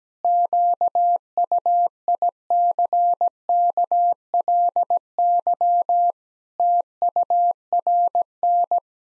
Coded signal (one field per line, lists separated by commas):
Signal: Morse code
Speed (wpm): 17 wpm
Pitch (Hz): 700 Hz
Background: none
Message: QUICKLY TURN